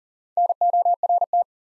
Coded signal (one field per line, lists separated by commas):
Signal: Morse code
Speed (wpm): 41 wpm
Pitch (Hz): 700 Hz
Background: none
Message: NORT